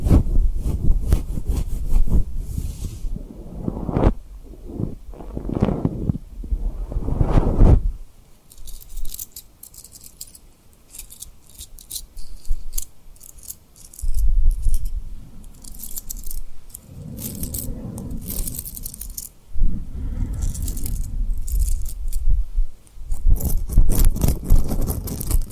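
Tapping and rubbing on rhinestones, with dense clusters of small, bright clicks and clinks scattered throughout. Low, soft rubbing swells come and go, strongest in the first eight seconds and again from about fourteen to twenty-five seconds, with a quieter, sparser stretch between.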